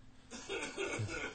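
A brief run of rough, noisy bursts, about three in quick succession within one second, from an adult man, a studio engineer, in a quiet radio studio. It is a short, lingering cough: he is still coughing a little after an illness that was passed on to him.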